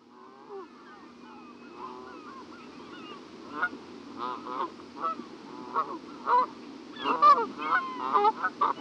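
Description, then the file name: Canada goose: canada geese honking, starting sparse and quiet, then building into frequent loud nasal honks from several birds toward the end. "Canada Geese (Branta canadensis)"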